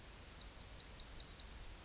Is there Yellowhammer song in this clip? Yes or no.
yes